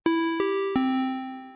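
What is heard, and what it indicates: Three bell-like tones, each struck sharply then fading in an exponential decay, like clinking glasses; an alarm redesigned with a more natural amplitude envelope.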